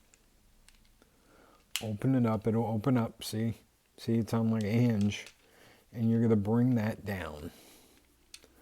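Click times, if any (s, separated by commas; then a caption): 8.3 s. Someone talks while a hinged plastic panel on a Studio Series 86 Constructicon Hook transforming robot toy is opened on its hinge, swung down and pressed into position. A sharp click at 8.3 s marks the panel snapping into place, leaving a small gap, so it is seated.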